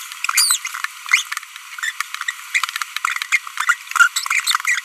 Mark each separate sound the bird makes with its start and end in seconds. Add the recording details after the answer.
0.24-0.56, 0.65-0.68, 1.06-1.22, 2.28-2.31, 3.32-3.37, 4.16-4.19, 4.47-4.56, 4.65-4.79. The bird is a female. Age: 25 days. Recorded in a nest box in Venezuela. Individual 17B42B1